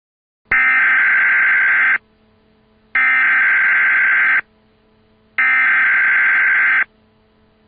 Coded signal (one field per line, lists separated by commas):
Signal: Emergency Alert System (SAME) tones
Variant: header bursts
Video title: Sprint Good luck forgetting narwahls EAS parody